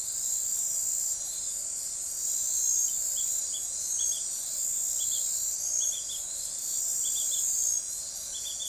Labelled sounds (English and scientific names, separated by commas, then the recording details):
none
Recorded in forest near Pivijay, Magdalena, Colombia, on 3 June 2023 at 22:00
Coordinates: 10.467, -74.380
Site Z5-G034